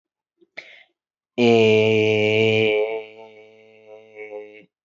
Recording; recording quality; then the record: sustained vowel as in made; excellent, no background noise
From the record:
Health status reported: healthy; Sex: male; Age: 27 years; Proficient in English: yes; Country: India